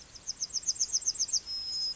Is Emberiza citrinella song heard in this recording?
yes